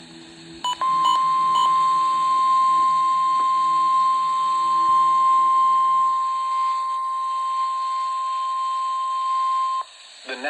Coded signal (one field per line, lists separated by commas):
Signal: Emergency Alert System (SAME) tones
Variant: 1050 Hz attention tone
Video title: Weather Radio EAS #186 (Tornado Watch)